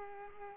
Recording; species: mosquito wingbeat signal from an infrared sensor; Culex pipiens